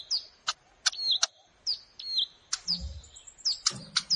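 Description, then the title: Plain prinia giving short high downslurred notes mixed with sharp clicking sounds, several quick phrases within a few seconds. "Ciblek Sawah"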